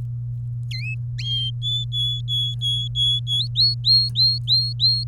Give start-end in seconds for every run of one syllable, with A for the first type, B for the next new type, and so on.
0.71-0.94 A, 1.62-3.47 B, 3.55-5.04 C